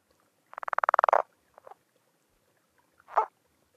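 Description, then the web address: Chiricahua leopard frog call: a rapid series of about a dozen snoring pulses lasting under a second, followed by two short grunts. "Songs of Frogs Toads of North America Chiricahua Leopard Frog"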